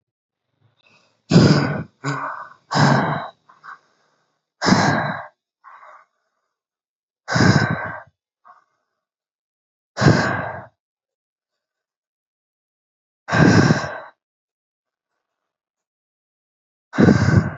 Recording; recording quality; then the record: shallow breathing; excellent, no background noise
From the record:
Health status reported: COVID-19 positive, mild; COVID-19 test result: positive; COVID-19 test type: RT-PCR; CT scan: not taken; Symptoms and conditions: cold, breathing difficulty, sore throat, fever, fatigue, muscle pain, loss of smell and taste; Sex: male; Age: 33 years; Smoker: no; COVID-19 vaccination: both doses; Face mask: worn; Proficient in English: yes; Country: India